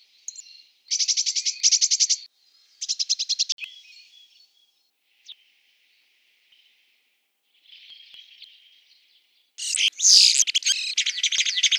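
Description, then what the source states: Bird song with fast buzzy trilled phrases, several separate bursts, quieter scratchy notes between, ending in a loud harsh rapid sequence; no other sounds. Song unit 4.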